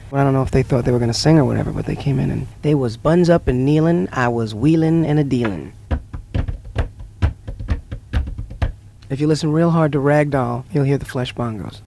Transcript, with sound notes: I don’t know if they thought they were going to sing or whatever, but they came in and they were buns up and kneelin’ and I was wheelin’ and dealin’. [Pounds out rhythm] If you listen real hard to ‘Rag Doll’ you’ll hear the flesh bongos.”